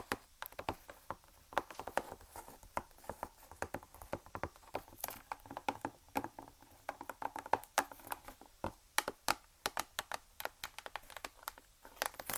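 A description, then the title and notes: Fingers tap on random objects in quick, uneven bursts of sharp, bright clicks, several every second for the whole stretch. Some taps land harder and louder than others, and the rhythm never settles, with brief gaps between clusters and a faint low hum underneath. ASMR Tapping On Random Objects. (Long Nails).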